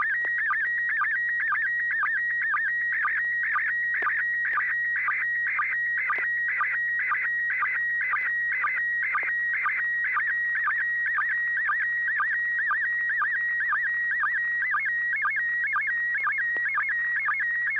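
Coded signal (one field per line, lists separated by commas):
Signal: SSTV (slow-scan television)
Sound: continuous whistling tone warbling near 1.9 kHz, interrupted by short low blips twice a second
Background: low steady hum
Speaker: yep it's an ISS slow scan download and it started out really really clean um 40th anniversary of amateur radio on human space flight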